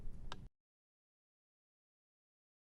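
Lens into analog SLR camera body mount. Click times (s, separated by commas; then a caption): 0.3 s. A lens is aligned with an analog SLR camera body mount and rotated clockwise until the mount latch clicks at 0.3 s, a sharp, bright snap over low rumbling noise. The lens is seated, and the sound cuts to silence after about 0.5 s.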